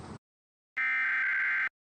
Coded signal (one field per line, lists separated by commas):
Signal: Emergency Alert System (SAME) tones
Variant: header bursts